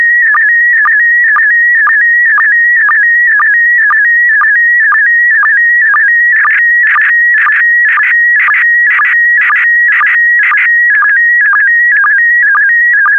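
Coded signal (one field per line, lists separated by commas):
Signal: SSTV (slow-scan television)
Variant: PD120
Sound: steady warbling high tone stepping in pitch, with a regular low blip about twice a second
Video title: (08 of 12) Expedition 64 - ARISS Series 17 Twenty Years December 2020 - Retransmission SSTV PD120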